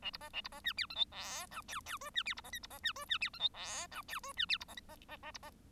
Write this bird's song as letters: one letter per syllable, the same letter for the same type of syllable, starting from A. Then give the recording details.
A B C A B C D E F G H I J J K D E B C L B C D K D E F G H I J K D E B C L C C C B C. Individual Bird1